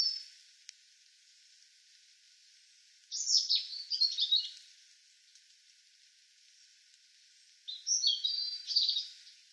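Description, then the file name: European robin song: two bright, high, jumbled warbling phrases several seconds apart, sweet twittery notes over a faint hiss. "Erithacus rubecula"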